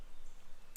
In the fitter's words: and then it just goes back together, locks into place.